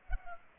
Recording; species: mosquito wingbeat signal from an infrared sensor; Culex pipiens